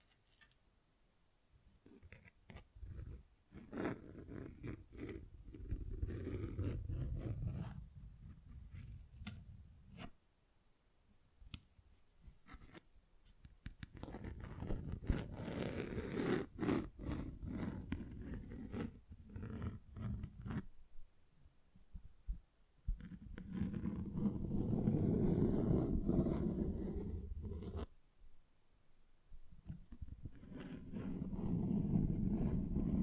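Tapping and scratching come in long rough bursts, a dense low rasp with quick clicks on top, broken by near-silent pauses around 10, 22 and 28 seconds. Each stretch swells and fades, with the fullest scratching between about 23 and 27 seconds.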